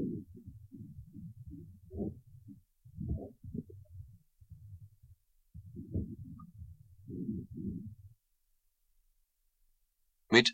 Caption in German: Eines gesunden, 4 Wochen alten Fohlens beeindruckt, im. Gegensatz zu dem Lungengeräusch des erwachsenen Pferdes, durch eine wesentlich größere Lautstärke. Ein- und Ausatmung sind deutlich zu hören.